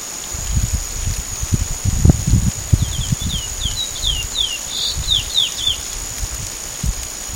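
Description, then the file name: Chestnut-bellied seed finch song, a series of downslurred whistled notes, with a constant high insect tone and low rumbling background noise. Recorded at Sertão, Mongaguá, São Paulo state, Brazil, on 5 February 2015. "Sporophila-angolensis-Sertao Mongagua SP-5-2-15-ASilveira"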